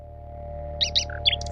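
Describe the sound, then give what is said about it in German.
A mechanical nightingale, a small artwork made to resemble a living one, gives a few quick, high chirps and warbled notes in short bursts, ending in a rapid trill, all over a steady low electrical hum. “Übergibt ein großes Paket an Smith Captain, auf dem geschrieben steht: Nachtigall?”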